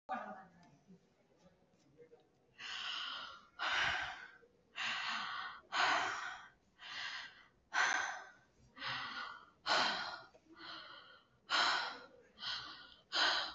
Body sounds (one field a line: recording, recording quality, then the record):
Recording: deep breathing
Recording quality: excellent, no background noise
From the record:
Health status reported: recovered from COVID-19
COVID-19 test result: positive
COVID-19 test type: rapid antigen test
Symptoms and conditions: cough, cold, sore throat, fever, muscle pain, diarrhoea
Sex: female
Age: 43 years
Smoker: no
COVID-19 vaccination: both doses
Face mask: worn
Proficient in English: yes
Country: India